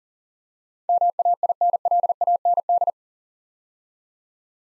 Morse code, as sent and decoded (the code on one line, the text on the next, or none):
-- .- .. -. .-.. .- -. -..
MAINLAND